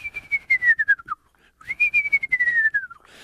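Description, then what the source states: Eastern screech owl tremolo: a quavering, whinnying trill that slides steadily downward in pitch, given twice with a short pause between. Strange tremolo call; from a distance it may sound like someone screaming in the woods; small owl about 6 inches high that nests in tree cavities in yards.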